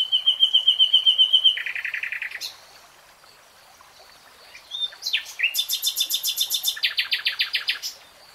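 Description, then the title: Nightingale song: a whistled trill drops into a lower rapid rattle, pauses, then returns with fast, very high, buzzy trills in two pitch bands. Singing, in a 3-hour real-time recording. "[Tiếng chim hót] REALTIME Nightingale Singing"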